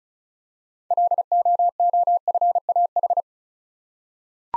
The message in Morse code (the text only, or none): LOOFAH